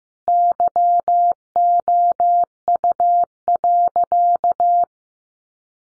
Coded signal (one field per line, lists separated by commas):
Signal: Morse code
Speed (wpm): 15 wpm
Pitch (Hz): 700 Hz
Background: none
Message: YOU.